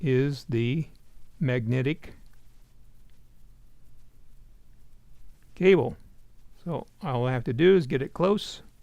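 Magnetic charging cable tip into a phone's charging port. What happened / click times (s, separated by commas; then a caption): The magnetic charging connector is handled but has not yet snapped onto the phone / none. A magnetic charging cable tip is brought close to an iPhone's charging port while someone talks, with quiet pauses between the words. Nothing has seated or clicked onto the phone yet.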